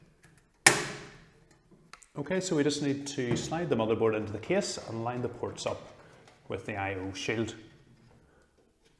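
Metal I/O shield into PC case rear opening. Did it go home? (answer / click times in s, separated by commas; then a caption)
yes / 0.7 s. A metal I/O shield is pushed firmly home into the rear opening of a PC case, with each side pressed to check it is clicked in place. A sharp click at 0.7 s confirms it is seated, followed by a few faint taps and then someone talking.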